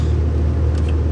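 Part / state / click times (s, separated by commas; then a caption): electrical connector into cooling fan wiring / not seated / none. An electrical connector is handled at the cooling fan wiring during a radiator replacement on a 2000–2014 Chevy Tahoe. A steady low rumble fills the clip with no distinct click. Nothing has seated or clicked yet.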